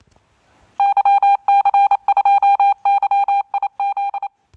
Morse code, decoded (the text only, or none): YC2YIZ